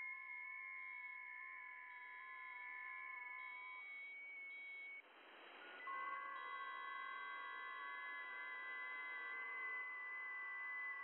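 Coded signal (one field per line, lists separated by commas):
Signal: FT8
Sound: several overlapping soft pure tones warbling slightly, brief hiss, then new tone set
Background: radio static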